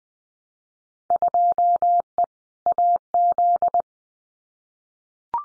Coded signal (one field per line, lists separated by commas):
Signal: Morse code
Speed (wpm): 20 wpm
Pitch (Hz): 700 Hz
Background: none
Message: 2E AZ